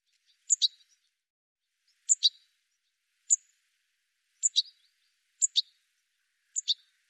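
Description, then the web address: Bird calls, six high clipped chirps, mostly doubled, spaced about one to one and a half seconds apart on a silent background. "cianscape birddata"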